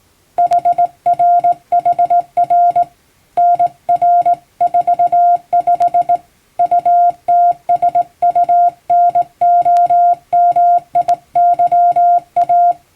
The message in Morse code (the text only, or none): HRHR NR 45 UTSUNOMIYA